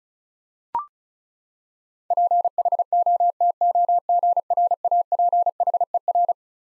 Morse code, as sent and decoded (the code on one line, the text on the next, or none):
.--. .... --- - --- --. .-. .- .--. .... . .-.
PHOTOGRAPHER